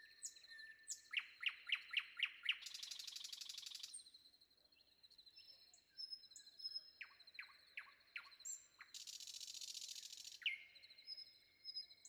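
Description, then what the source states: Common nightingale song: a rapid series of sharp descending notes, then a loud harsh buzzy burst, more repeated notes and a second buzzy rattle, over a steady high tone. Sung before dawn.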